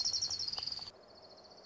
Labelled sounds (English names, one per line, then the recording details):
Orange-crowned Warbler
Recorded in Sonoma County, California